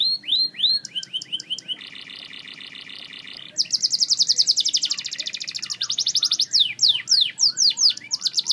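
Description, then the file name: Canary song with repeated downward notes, then a buzzy, even trill, then a bright rapid rolling run followed by sharp repeated downward whistles, all high and continuous. Snow White canary variety. "kenari snow white"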